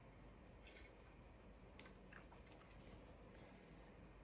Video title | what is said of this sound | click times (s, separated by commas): Fanhome - Build the Robocop - Issues 11 - 14 | Give it a little push and that should click into place. | 1.8 s